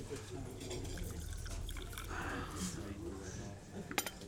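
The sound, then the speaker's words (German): Coffee is poured into a cup at a breakfast table by the window in a steady, gurgling trickle lasting several seconds, with a light clink of crockery near the end and faint murmuring voices underneath. “Darf ich Ihnen jetzt Kaffee einschenken?”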